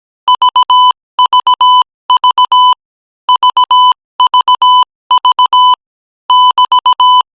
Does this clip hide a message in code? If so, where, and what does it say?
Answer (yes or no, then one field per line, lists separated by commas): yes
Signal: Morse code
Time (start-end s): 0.3-7.2 s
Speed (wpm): 17 wpm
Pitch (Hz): 1000 Hz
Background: music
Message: VVV VVV <BT>